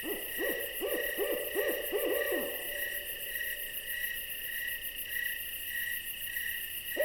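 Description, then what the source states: Owl calls: a quick run of about seven short, falling, quavering notes in the first two and a half seconds, then one more near the end, over steady pulsing insect chorus. Owl visitation.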